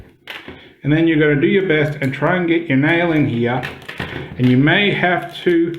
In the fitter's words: you can then slide that up until it clicks